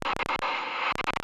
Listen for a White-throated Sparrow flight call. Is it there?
no